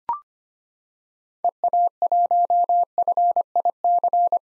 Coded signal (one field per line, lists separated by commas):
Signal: Morse code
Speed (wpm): 25 wpm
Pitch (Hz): 700 Hz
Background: none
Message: EA1FIC